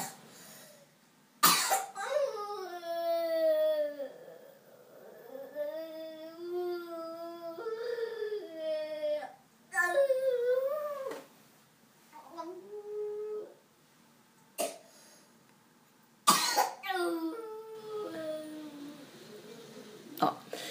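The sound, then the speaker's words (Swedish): A voice in a kitchen in Hökmossen imitates a sick little girl, alternating sharp, harsh coughs with long, wavering, high-pitched, wolf-like howls and whimpers. Several loud cough bursts break up the drawn-out moaning cries. “Och sen så ligger hon bara där och sover och ylar och hostar.”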